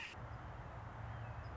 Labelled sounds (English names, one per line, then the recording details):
Red-shouldered Hawk
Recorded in Sonoma County, California